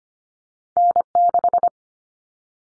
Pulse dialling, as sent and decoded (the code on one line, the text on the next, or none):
none